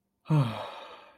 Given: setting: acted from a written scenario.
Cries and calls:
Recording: vocal sound without words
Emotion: serenity

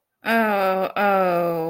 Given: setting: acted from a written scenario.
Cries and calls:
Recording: vocal sound without words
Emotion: embarrassment

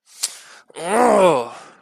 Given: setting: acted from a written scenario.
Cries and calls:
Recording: vocal sound without words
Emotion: disappointment

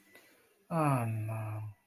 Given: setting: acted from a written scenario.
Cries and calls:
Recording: vocal sound without words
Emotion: disappointment

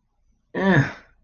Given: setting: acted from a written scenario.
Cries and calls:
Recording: vocal sound without words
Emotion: embarrassment

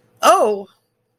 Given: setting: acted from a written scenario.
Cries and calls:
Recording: vocal sound without words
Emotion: positive surprise

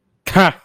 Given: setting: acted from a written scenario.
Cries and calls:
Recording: vocal sound without words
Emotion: amusement

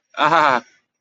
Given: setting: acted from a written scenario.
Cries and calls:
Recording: vocal sound without words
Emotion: pain

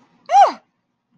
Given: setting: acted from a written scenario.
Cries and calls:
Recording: vocal sound without words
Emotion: negative surprise

